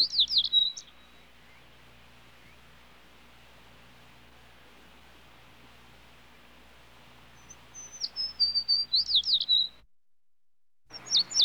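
Sparrow chirps, a quick high cluster of sharp tweets at the start, a longer run of repeated chirps near the end, then a last brief burst.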